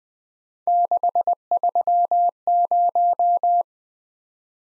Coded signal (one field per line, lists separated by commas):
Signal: Morse code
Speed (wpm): 20 wpm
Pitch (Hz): 700 Hz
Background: none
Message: 630